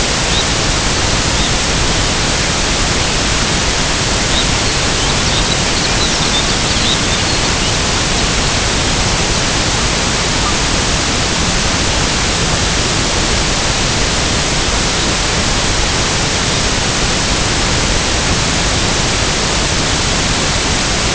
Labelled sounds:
Red Phalarope
Lapland Longspur
unidentified sound

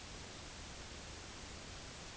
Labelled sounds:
none

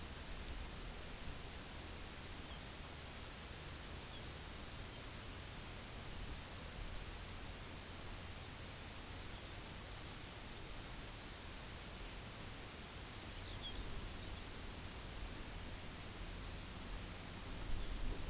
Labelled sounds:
Lapland Longspur
unidentified sound

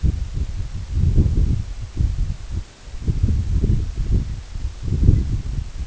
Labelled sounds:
Canada Goose

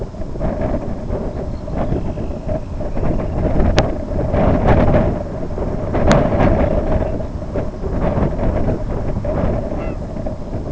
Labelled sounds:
unidentified sound
Dunlin

